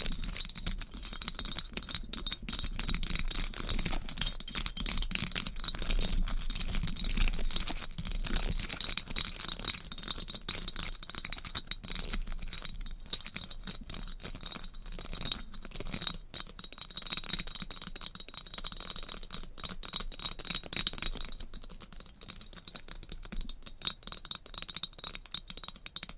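Fast, dense tapping and scratching with nails on hard items, a continuous flurry of sharp clicks and clinks with a glassy, bright edge. The rhythm stays busy and uneven throughout, with short dips in intensity around the twenty-second mark before picking back up.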